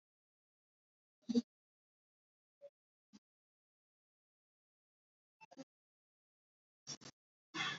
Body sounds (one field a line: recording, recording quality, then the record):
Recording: shallow breathing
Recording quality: poor, much background noise or distortion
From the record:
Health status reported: healthy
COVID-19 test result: not tested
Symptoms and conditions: cough, sore throat, diarrhoea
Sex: male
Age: 26 years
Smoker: not ticked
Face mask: not worn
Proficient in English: yes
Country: India